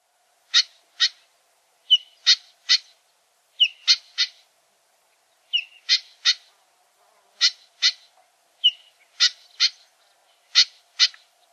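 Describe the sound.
Familiar chat giving sharp, dry clicking calls, mostly in pairs, each pair often led by a softer note, repeated in a steady series in otherwise quiet surroundings.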